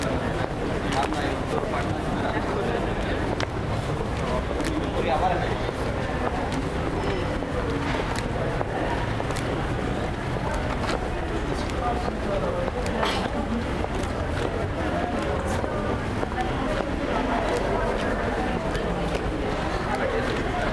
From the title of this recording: Paris, Île de France, France